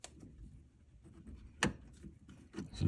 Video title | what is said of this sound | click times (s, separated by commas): 2011-2023 Chrysler 300/Dodge Charger Oil Filter Housing/Oil Cooler Replacement How-To | just like that you can hear it kind of Click into place | 1.6 s